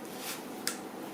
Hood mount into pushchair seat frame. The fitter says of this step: That clicks in place.